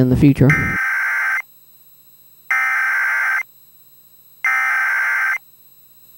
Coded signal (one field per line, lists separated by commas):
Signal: Emergency Alert System (SAME) tones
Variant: header bursts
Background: speech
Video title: NOAA Weather Radio Station KHB 32